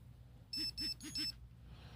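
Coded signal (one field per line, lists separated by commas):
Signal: none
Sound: game console menu beeps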